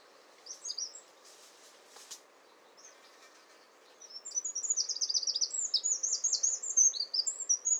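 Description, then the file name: Eurasian wren song: a few scattered high notes, then a fast, loud, rattling trill of piercing notes that bursts out halfway through and runs on to the end. "Troglodytes troglodytes"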